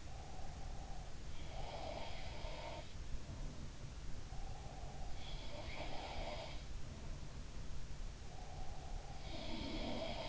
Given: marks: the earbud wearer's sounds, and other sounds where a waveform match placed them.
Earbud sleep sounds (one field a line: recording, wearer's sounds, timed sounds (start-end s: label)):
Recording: sounds in sleep by an in-ear microphone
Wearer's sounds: breath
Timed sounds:
0.00-2.47 s: breath
1.42-3.03 s: sound from someone else or the room
4.23-6.64 s: sound from someone else or the room
8.20-10.29 s: breath
9.27-10.29 s: sound from someone else or the room